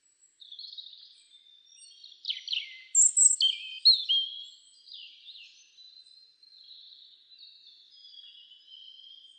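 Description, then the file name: European robin song: thin, high warbled phrases sliding between trills and clear whistles, a brighter burst of notes midway, then soft trailing warbles. "Erithacus rubecula"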